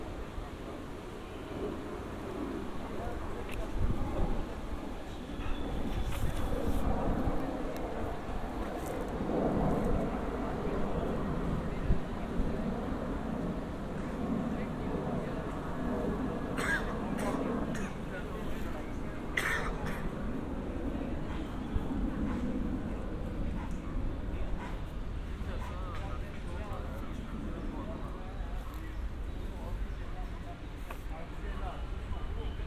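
A binaural field recording in Amsterdam: a steady low rumble of traffic runs under a constant murmur of voices throughout. Brief sharp clicks and clatters break through around six seconds and again between sixteen and twenty seconds.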